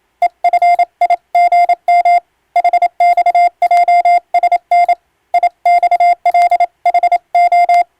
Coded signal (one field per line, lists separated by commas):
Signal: Morse code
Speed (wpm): 27 wpm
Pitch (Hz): 700 Hz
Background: none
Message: EFIGM HXJSN IXLHO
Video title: 【船舶無線通信士】昔懐かしい船舶通信士がエレキーで打つ欧文無線電報！無線通信士の国家試験の練習風景です。令和の今でも電気通信術と言うモールスの実技試験があります。morse code practice